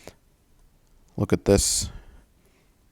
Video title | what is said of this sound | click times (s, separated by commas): Home/Office Exercise Peddler "Bike"for Under-the-Desk - Does It Work?? FULL REVIEW + TEST | i am impressed how it locks into place | 0.1 s